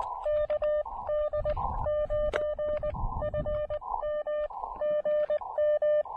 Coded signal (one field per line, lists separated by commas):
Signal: Morse code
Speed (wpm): 18 wpm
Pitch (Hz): 600 Hz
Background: none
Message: KD9FM GM